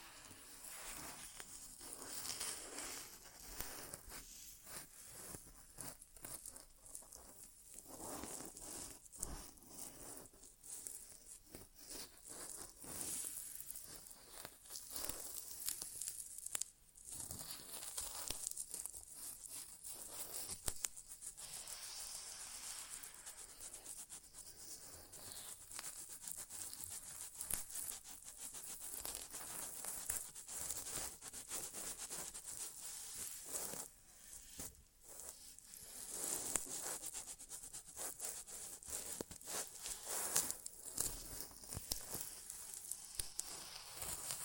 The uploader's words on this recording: ASMR Inner Ear Exam (No Talking).